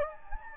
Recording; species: mosquito wingbeat signal from an infrared sensor; Anopheles gambiae